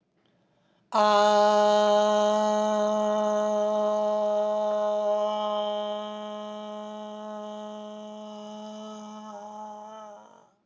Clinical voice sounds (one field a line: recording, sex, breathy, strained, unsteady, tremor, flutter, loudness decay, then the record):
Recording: sustained vowel /a/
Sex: female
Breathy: absent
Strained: absent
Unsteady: absent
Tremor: absent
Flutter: absent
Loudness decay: present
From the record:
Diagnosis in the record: healthy control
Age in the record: 69 years